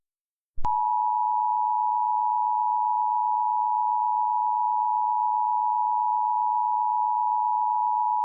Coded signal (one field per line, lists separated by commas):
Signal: Emergency Alert System (SAME) tones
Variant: 853 and 960 Hz attention tone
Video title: Rumors! - EAS Mock